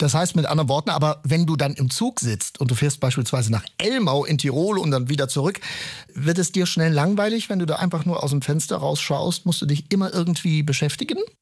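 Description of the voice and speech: A man asks a question in German in a clear, fluent, ordinary voice at a steady, even pace.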